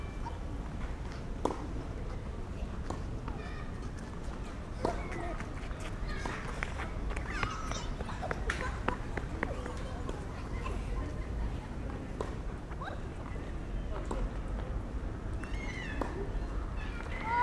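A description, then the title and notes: Outdoors in a park beside tennis courts, steady murmured voices blend with distant traffic rumble, sharp intermittent knocks, and occasional high chirps. Jardin Du Luxembourg by the tennis courts. Instead I enjoyed positioning myself on a bench between a game of tennis. The tennis courts are behind me and in front we have rows of trees.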